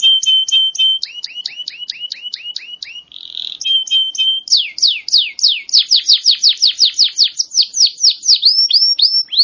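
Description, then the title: Canary song opening with repeated short chips and level whistled notes, then a long series of loud, quick downward-sweeping whistles repeated several times a second. Champion singing canary. "Kicau Burung Kenari Juara"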